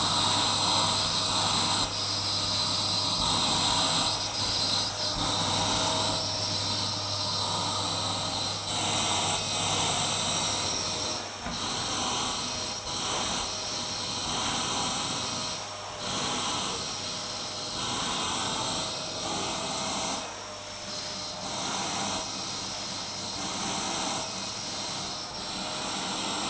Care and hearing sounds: daily activity, microphone in the room; vacuum cleaning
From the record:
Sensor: 3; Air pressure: 991.0 hPa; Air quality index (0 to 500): 129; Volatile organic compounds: 151 ppm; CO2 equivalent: 4026 ppm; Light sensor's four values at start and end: 12/26/11/11 and 31/73/29/27

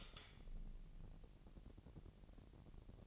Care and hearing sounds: daily activity, microphone in the room; light on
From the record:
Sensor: 4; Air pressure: 1002.8 hPa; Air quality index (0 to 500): 248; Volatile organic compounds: 12 ppm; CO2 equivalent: 2369 ppm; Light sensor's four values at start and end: 6/14/6/6 and 7/16/6/7

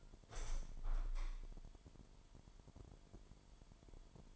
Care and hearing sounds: daily activity, microphone in the room; open window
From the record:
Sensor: 5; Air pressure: 998.8 hPa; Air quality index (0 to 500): 98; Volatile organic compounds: 2 ppm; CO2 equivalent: 1130 ppm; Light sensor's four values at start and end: 32/77/32/36 and 32/77/32/36

